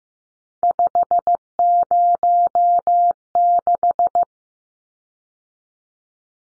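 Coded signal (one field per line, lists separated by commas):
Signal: Morse code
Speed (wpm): 15 wpm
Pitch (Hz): 700 Hz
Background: none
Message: 506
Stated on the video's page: Morse code drill of three-digit numbers at 15 wpm for head copy, each number sent twice.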